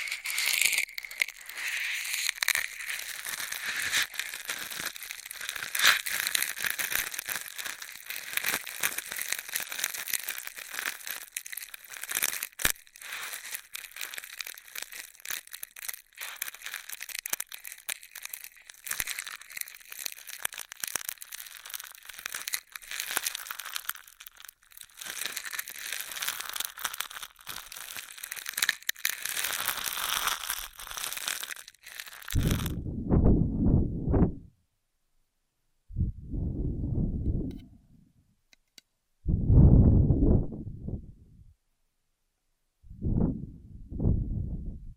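Straw sounds fill the first half minute with dense, crackly, bright crinkling that flickers constantly with small sharp snaps. Around 33 seconds it stops abruptly, giving way to four separate low, muffled bursts, each a couple of seconds long, with silence between them.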